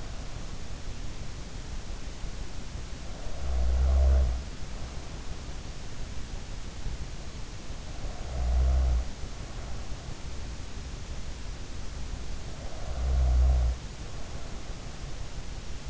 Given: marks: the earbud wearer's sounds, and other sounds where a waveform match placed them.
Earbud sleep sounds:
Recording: sounds in sleep by an in-ear microphone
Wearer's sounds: snoring breath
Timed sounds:
2.55-5.34 s: snoring breath
7.86-10.26 s: snoring breath
12.43-14.85 s: snoring breath

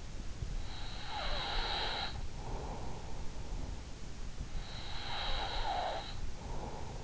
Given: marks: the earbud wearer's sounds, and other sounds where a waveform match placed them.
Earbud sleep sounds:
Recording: sounds in sleep by an in-ear microphone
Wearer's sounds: breath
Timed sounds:
0.42-3.50 s: breath
4.48-7.04 s: breath

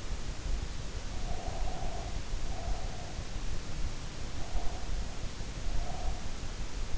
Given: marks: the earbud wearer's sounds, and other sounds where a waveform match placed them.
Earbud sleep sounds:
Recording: sounds in sleep by an in-ear microphone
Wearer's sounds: breath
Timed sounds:
1.16-3.34 s: breath
4.21-6.39 s: breath

